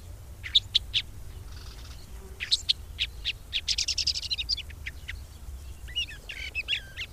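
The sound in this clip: Red-backed shrike song of spaced high ticks building into a quick chattering run, then twisting squeaky warbled notes near the end.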